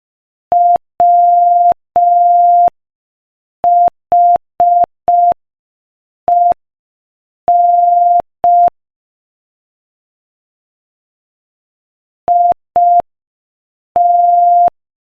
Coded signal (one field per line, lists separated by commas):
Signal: Morse code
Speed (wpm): 5 wpm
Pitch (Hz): 700 Hz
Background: none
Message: WHEN IT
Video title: Morse Code Practice: 5 wpm Joke #5